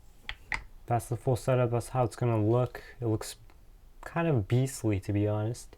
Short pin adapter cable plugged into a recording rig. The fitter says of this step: make sure it clicks and then you can start recording